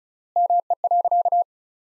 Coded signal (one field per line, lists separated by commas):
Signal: Morse code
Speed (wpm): 36 wpm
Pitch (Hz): 700 Hz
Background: none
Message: ME.